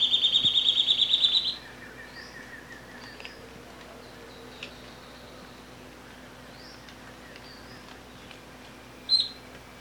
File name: canto do chupa dente